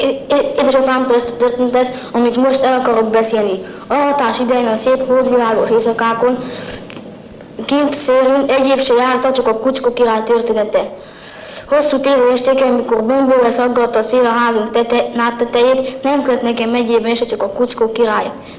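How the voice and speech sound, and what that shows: A speaker reads a Hungarian story aloud in long, rapid runs with few, short pauses, and syllables are slurred and run together. This hurried, compressed delivery is an example of cluttering, a speech disorder related to stuttering.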